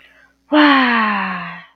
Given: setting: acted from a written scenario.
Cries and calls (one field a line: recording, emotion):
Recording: vocal sound without words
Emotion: interest